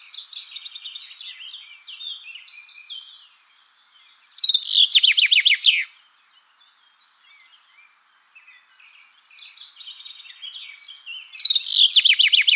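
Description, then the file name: Common chaffinch delivering a fast song phrase, then quieter chirps, before another phrase starts at the end. "Fringilla coelebs"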